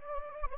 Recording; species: mosquito wingbeat signal from an infrared sensor; Anopheles gambiae